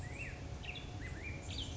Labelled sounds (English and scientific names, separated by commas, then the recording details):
Black-headed Grosbeak (Pheucticus melanocephalus)
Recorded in Sonoma County, California